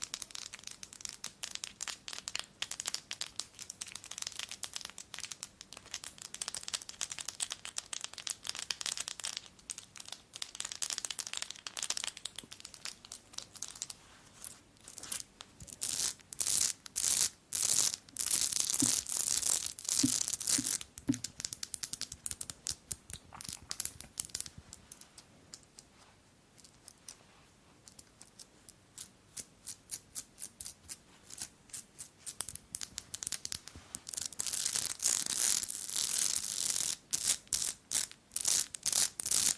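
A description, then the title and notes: Dense, fast tapping and scratching on jewels, crisp, clustering into bright bursts around twenty and thirty-five seconds with few pauses. ASMR Jewel Tapping and Scratching.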